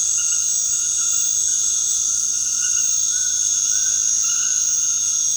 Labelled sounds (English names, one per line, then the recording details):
none
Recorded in secondary vegetation near Puerto Asís, Putumayo, Colombia, on 21 February 2024 at 19:30
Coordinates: 0.472, -76.331
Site G6371